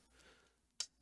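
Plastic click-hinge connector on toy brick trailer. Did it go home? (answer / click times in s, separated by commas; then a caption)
yes / 0.8 s. A notched plastic click-hinge connector on the back of a Lego City 60369 Mobile Police Dog Training toy-brick trailer is moved into a detent. After a quiet stretch, one sharp, bright click sounds at 0.8 s. The hinge seats into position and will stay wherever it is set.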